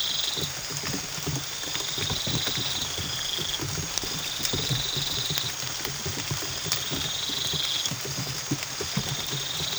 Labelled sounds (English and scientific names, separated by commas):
none